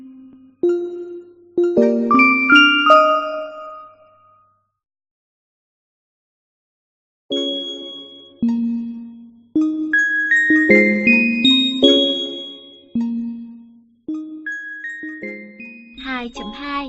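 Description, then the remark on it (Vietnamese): A shop door chime plays bright, ringing ding-dong tones in a short melodic run as a customer arrives on a heavily rainy day, falls silent for a few seconds, then rings a longer sequence of notes ending in a quick tinkling flourish. “Đinh dong.”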